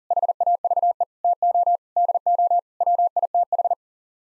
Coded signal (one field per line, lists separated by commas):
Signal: Morse code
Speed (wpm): 37 wpm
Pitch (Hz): 700 Hz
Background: none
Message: HAVE TO DO WITH